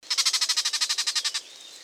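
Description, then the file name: Common nightingale giving a rapid series of about seventeen harsh, even pulses over roughly 1.3 seconds, then stopping; faint background hiss. "Luscinia megarhynchos"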